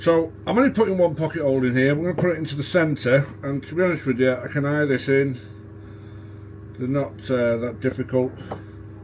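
A man talks while positioning a scrap wood workpiece in a pocket hole jig for a single centered pocket hole, with a low steady hum beneath his voice and a short pause midway. The toggle clamp on the jig has not yet locked the workpiece, and nothing has seated or clicked by the end of the clip.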